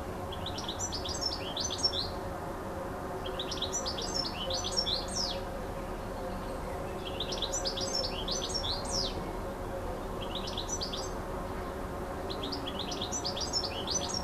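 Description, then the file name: Bird song: short high twittering phrases of quick chirps and slurred notes, repeated about every three seconds over a steady low hum. Recorded on an MZ-N 710 device, dated 26 06 14. "Chant d oiseau 26 06 14"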